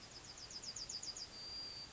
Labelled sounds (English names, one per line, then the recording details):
Yellowhammer song
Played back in forest
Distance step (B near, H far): G
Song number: 111